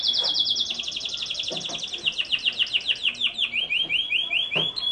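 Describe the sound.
Canary song of fast, evenly repeated descending notes at high pitch, becoming more spaced toward the end.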